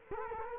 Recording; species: mosquito wingbeat signal from an infrared sensor; Culex quinquefasciatus